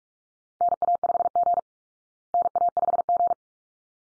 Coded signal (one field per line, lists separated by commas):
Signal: Morse code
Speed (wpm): 44 wpm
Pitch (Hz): 700 Hz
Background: none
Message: NA5G NA5G